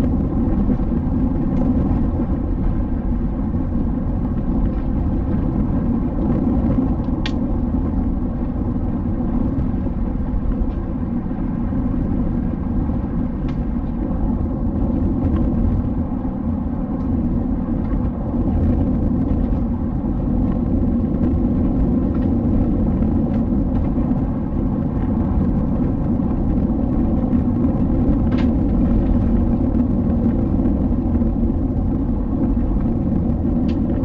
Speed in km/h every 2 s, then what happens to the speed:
86, 85, 86, 85, 85, 85, 84, 85, 86, 84, 85, 85, 85, 85, 81, 82, 82.
0-34 steady at about 85.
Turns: none.